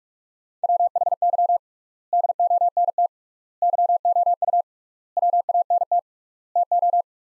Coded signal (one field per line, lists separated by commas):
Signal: Morse code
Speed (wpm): 46 wpm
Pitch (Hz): 700 Hz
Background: none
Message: WHY DONT YOU WANT TO